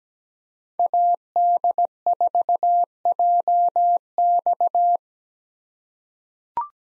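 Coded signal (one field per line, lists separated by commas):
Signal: Morse code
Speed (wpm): 17 wpm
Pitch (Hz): 700 Hz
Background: none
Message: AD4JX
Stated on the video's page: Morse practice drill of common park activation hunter call signs at 17 wpm, meant for head-copy, each sent twice.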